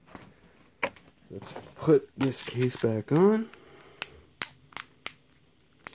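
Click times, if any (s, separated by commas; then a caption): 4.0 s, 4.4 s, 4.8 s, 5.1 s, 5.9 s. Someone talks while pressing the plastic back cover of a Samsung Galaxy Grand Prime smartphone back onto its body. The edge clips then snap in one after another as sharp clicks at 4.0, 4.4, 4.8, 5.1 and 5.9 seconds, and the cover is seated.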